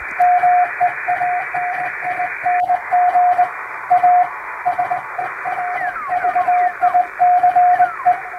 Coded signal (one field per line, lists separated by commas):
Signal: Morse code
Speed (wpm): 21 wpm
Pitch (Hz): 720 Hz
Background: radio noise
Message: MEANING A SERVICE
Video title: 昭和が青春時代だった！昔よくラジオから聞こえたモールス符号！短波通信のモールス信号を再現しました！ノイズとフェージングを加えています。無線の受信トレーニングに！ morse code practice